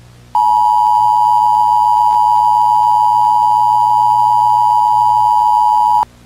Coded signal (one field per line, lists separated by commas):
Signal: Emergency Alert System (SAME) tones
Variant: 853 and 960 Hz attention tone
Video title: Nuclear Terror Crisis | A YP EAS Scenario